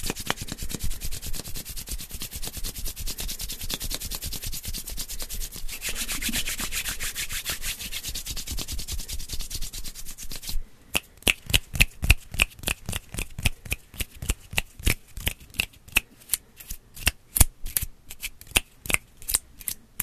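Brushing and hand sounds: for the first ten seconds, fast scratchy strokes blur into a dense, bright rustle. Then the strokes separate into crisp, evenly spaced swipes, about three or four each second, with short quiet gaps between them.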